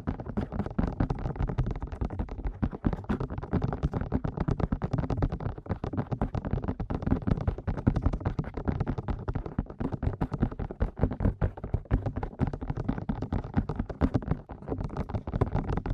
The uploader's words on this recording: ASMR Fast Ear Tapping (No Talking).